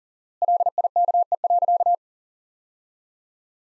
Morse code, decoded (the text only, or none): LIKE.